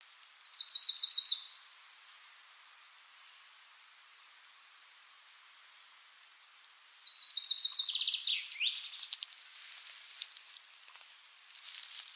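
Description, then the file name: Common chaffinch singing: a fast high trill near the start, then a second trill that ends in a descending flourish, over steady background hiss. "Fringilla coelebs"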